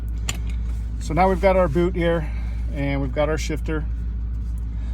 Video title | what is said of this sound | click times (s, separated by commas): Jeep JL 4x4 Shifter Knob Install | needs to line up with the screw hole and you'll hear it click back together again | 0.3 s